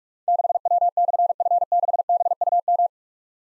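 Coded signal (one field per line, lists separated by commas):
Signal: Morse code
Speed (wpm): 44 wpm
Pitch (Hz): 700 Hz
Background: none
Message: 6W/F6BUM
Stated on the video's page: Morse practice at 45 WPM: difficult call signs with slashes, each sent in Morse, then spoken, then sent again.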